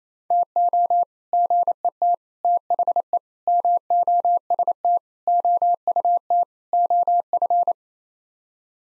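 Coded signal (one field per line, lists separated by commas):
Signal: Morse code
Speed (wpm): 28 wpm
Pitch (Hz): 700 Hz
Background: none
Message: TO GET THE MOST OUT OF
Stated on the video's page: Morse code head-copy practice of six-word sets at 28 wpm, each set sent, spoken, then sent again.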